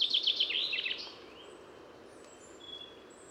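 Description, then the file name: Common chaffinch, a quick run of bright repeated notes descending to a short flourish within the first second, then faint thin whistles. "Fringilla coelebs"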